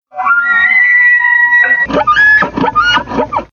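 Elk bugle: a high, clear whistled note that rises and holds steady for over a second, followed by a string of harsh, grunting chuckles.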